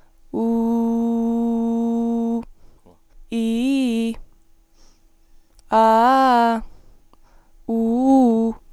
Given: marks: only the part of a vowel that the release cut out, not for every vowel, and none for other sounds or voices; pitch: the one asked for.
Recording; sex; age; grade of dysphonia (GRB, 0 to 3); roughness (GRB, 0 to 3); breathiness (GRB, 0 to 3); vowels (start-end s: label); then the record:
sustained vowels; female; 20 to 29 years; 0; 0; 0
0.55-2.21 s: vowel /u/, low pitch
3.39-4.07 s: vowel /i/, low-high-low pitch
5.82-6.54 s: vowel /a/, low-high-low pitch
7.76-8.48 s: vowel /u/, low-high-low pitch
From the record:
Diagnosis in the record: healthy voice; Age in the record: 22 years